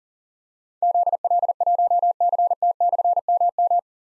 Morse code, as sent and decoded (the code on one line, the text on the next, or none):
--.. .-.. .---- -.-. - -..-. -- --
ZL1CT/MM